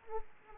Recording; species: mosquito wingbeat signal from an infrared sensor; Aedes aegypti